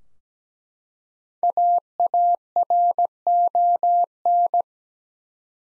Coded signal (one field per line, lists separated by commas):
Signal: Morse code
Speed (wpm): 17 wpm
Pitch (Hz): 700 Hz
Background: none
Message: AARON